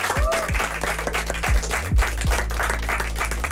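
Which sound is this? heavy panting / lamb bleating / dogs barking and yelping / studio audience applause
studio audience applause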